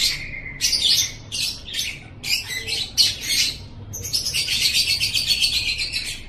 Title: Suara Masteran Burung Murai Batu Juara Terapi Suara Murai Batu